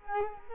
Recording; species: mosquito wingbeat signal from an infrared sensor; Culex quinquefasciatus